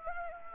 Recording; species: mosquito wingbeat signal from an infrared sensor; Anopheles arabiensis